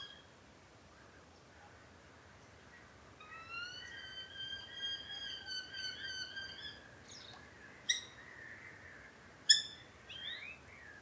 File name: Eurasian hobby